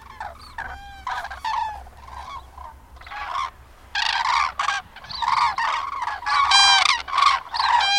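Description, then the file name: Common crane calls from a calling group, bugling notes overlapping and building toward a dense chorus in the second half. "Daru"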